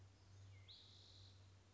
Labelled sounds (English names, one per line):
Spotted Towhee